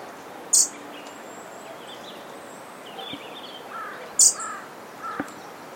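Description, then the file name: European robin uttering two abrupt high-pitched call notes several seconds apart, with soft lower chirps and a constant hissing background. "Erithacus rubecula"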